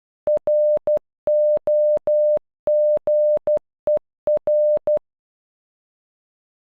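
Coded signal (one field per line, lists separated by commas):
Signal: Morse code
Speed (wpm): 12 wpm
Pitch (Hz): 600 Hz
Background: none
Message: ROGER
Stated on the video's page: The word "Roger" in Morse code, generated as audio by an online Morse translator tool for learning timing and rhythm.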